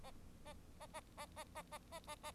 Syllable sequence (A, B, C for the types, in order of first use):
A A A A A A A A A A